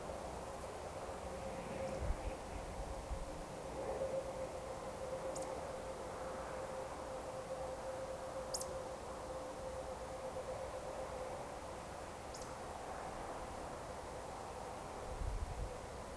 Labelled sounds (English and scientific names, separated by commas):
Eurasian Woodcock (Scolopax rusticola)